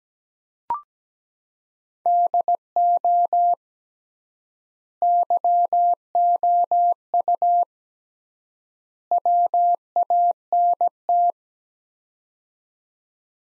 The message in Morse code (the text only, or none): DO YOU WANT